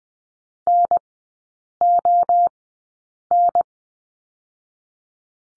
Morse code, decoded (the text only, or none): NON